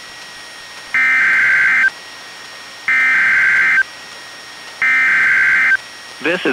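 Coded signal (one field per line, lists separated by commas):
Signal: Emergency Alert System (SAME) tones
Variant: header bursts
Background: speech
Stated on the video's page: NWR practice/demo tones from WXM62 and KEC91, received on Reecom R-1630 and Midland WR-120EZ weather radios, recorded via Zoom H1 and an MP3 player's built-in mic.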